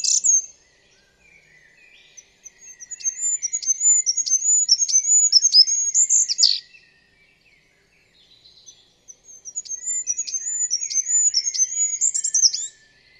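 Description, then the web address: Bird singing two long bursts of rapid, high, sharply repeated chirps and whistles, each lasting several seconds with a short pause between them, over quiet low twittering. "birddata Deverinetal 2025"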